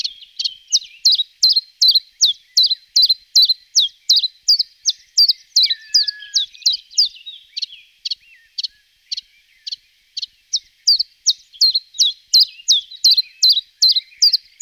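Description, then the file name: Common chiffchaff song: a long run of sharp, high chiff-chaff notes about two or three per second, briefly slowing and thinning midway before resuming, with a faint thin whistle in the background. "Golosa ptic - Penochka-tenkovka Phylloscopus collybita"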